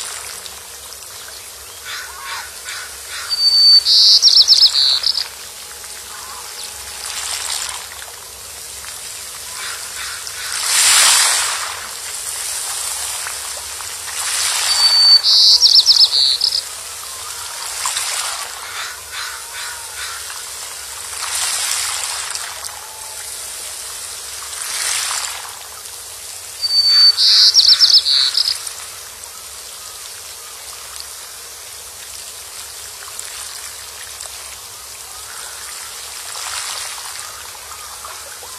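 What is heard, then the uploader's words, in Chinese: Short bright bird calls repeat about every eleven seconds over a steady insect-like hiss, with soft rushing swells and chirps throughout. 野鸭鸟儿嬉戏。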